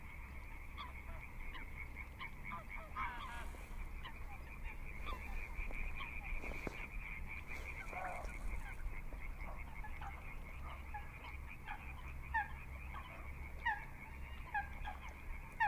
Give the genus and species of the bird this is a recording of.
Fulica atra